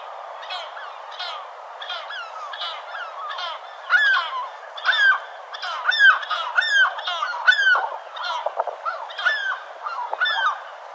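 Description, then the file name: Gulls calling in a busy chorus: many overlapping harsh, squealing, down-slurred cries, growing louder and denser midway through. "seagulls"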